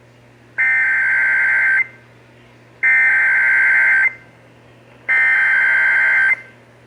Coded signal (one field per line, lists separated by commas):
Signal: Emergency Alert System (SAME) tones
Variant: header bursts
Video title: (EAS #508) Severe Thunderstorm Warning (WBAP-AM)